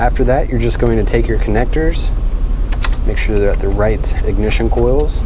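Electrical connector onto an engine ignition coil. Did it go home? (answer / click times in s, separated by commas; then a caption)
no / none. During a spark plug replacement on a 2010–2018 VW Touareg 2 VR6, plastic electrical connectors are lined up with the correct engine ignition coils while someone talks, with brief handling noises around 2.7 and 2.9 seconds. Each connector is meant to be pushed down onto its coil until it latches, on all six coils. Nothing has seated or clicked yet in this clip.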